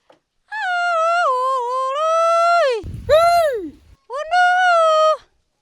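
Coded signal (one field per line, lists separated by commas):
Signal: whistled language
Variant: Jingrwai Iawbei, Kongthong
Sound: a woman hums a short melodic tune in three phrases, with gliding pitch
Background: small room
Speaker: Can you please call out the names of your children by their tunes and hum them accordingly? Right now I'll call my first child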